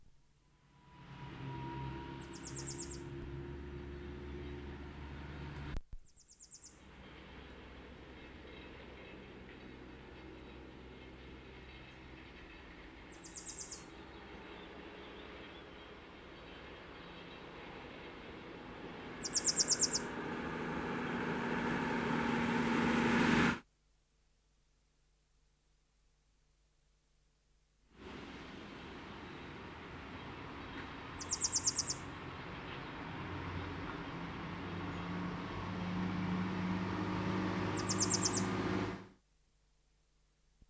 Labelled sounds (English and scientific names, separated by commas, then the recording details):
Grey Wagtail (Motacilla cinerea) song
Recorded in the wild
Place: Sötern, Saarland, DE
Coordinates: 49.5947, 7.065
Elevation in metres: 419
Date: 1973-06-15
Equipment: Nagra IV, Sennheiser MKH 405, Parabolreflektor
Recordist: Tretzel, Erwin